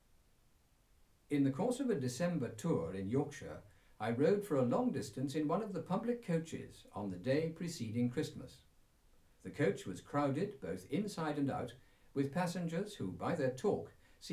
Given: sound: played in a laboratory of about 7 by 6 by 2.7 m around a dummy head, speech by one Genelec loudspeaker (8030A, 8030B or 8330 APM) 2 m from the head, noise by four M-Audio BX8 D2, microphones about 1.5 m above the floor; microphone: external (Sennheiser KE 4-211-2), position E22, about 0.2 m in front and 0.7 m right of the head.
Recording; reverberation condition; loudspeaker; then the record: male speech in English; low; 120 degrees to the left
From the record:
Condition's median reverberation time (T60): about 310 ms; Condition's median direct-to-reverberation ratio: about 3.5 dB